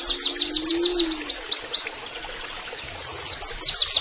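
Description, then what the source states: White-eye song of quick, high, slurred notes in a rapid series, a brief pause, then another fast burst; a soft low tone sounds early on. Masteran (training) recording of a gacor (persistently singing) white-eye (pleci) delivering canary-like phrases (nembak kenarian).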